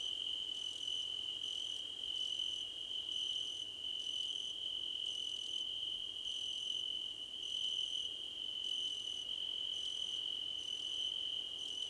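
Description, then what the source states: Crickets chorus with a steady high trill and short repeated chirps at a regular beat, about one per second. Crickets, described as a choir competition.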